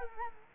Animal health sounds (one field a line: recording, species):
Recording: mosquito wingbeat signal from an infrared sensor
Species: Culex quinquefasciatus